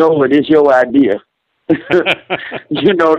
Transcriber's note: laughs